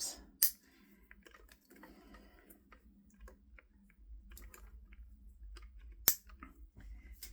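Plastic clamps on dialysis tubing lines are closed one after another, each locking shut with a sharp click, at 0.4 s and 6.1 s. Between the clicks are faint handling rustles and small taps over a low background hum. The clamps are seated closed.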